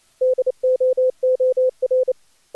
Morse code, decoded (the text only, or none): DOOR